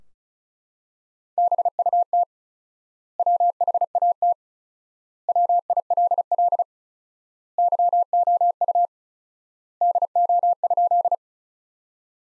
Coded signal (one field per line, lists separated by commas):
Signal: Morse code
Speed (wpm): 36 wpm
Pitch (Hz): 700 Hz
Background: none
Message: BUT WHAT WILL YOU DO?